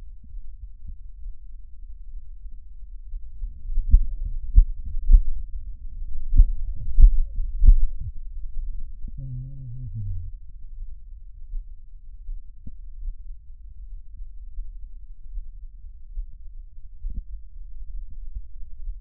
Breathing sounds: lung sounds by stethoscope; right anterior apical chest; quiet breathing, then cough and speech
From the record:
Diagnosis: COPD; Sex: male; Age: 77 years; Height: 172 cm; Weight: 94 kg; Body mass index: 31.8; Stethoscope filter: bell mode

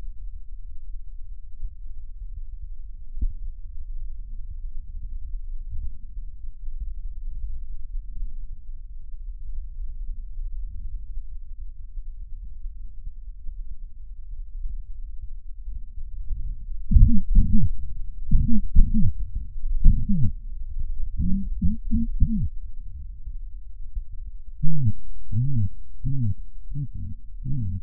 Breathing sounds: lung sounds by stethoscope; right posterior apical chest; quiet breathing, then cough and speech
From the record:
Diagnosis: COPD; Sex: male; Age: 70 years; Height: 170 cm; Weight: 74 kg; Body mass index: 25.6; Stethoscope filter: bell mode

